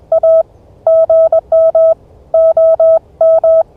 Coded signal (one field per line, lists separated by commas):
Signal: Morse code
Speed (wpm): 21 wpm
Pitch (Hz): 650 Hz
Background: none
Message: A GM OM